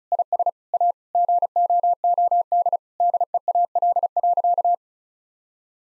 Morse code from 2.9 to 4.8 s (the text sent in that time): DEAL.